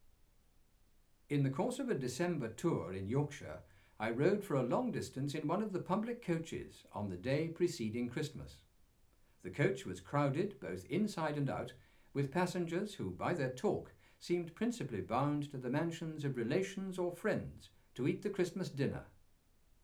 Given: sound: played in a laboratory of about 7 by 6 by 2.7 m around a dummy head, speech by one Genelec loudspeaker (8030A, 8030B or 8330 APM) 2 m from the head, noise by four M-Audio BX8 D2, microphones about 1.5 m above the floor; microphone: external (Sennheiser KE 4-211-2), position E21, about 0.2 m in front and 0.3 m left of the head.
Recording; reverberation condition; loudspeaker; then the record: male speech in English; low; 90 degrees to the left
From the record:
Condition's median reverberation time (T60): about 310 ms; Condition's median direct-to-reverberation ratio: about 3.5 dB